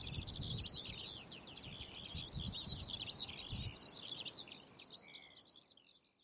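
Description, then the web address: Eurasian skylark song, a continuous rapid stream of high chirping, trilling and warbling notes without pauses, over low rumbling wind noise, fading at the end. "linnut kiuru"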